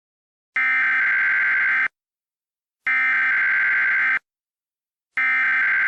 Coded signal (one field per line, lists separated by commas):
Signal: Emergency Alert System (SAME) tones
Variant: header bursts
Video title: EAS Scenario: Absolutely Radioactive Part 6